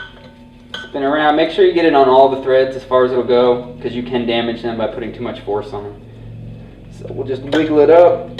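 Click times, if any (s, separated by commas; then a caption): none. Someone talks while a rubber tire valve stem is wiggled and pulled up through the wheel rim hole during tire mounting with a Harbor Freight Pittsburgh 61179 mini tire changer, with a brief sharp handling sound at about 0.7 s. The clip ends before the stem goes home; nothing has seated or clicked yet.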